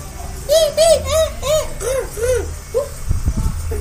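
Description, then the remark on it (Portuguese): A person imitates an eagle's call with a run of about seven short, arching, whistle-like cries at a steady pace, followed by a brief burst of scuffling noise. “Não, eu falo em idioma de águia.”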